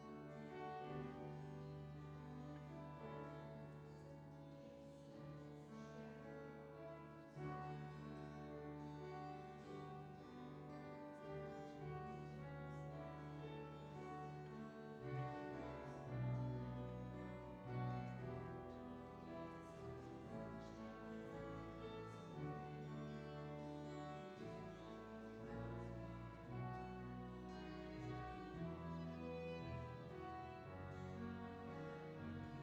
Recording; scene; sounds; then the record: everyday scene through a hearing-aid microphone; reverberant space; music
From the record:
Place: church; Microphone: in the ear canal, left